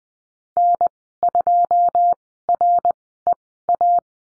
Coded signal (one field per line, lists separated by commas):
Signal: Morse code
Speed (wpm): 20 wpm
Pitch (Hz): 700 Hz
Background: none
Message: N2REA